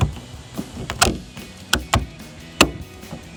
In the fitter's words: And hear the click to get in. A little awkward.